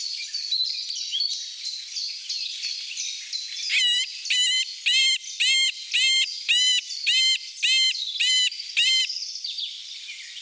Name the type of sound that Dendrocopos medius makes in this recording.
song